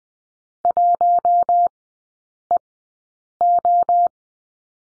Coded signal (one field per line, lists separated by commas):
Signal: Morse code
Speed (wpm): 20 wpm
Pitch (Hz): 700 Hz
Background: none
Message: 1EO